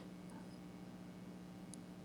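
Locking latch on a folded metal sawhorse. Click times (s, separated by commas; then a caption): 1.7 s. The folded legs of a DEWALT 32" folding metal sawhorse (DWST60999) are brought together, and its small locking latch is swung down and locked into place for carrying. Over a steady low hum, a single sharp click is heard at 1.7 s as the latch seats.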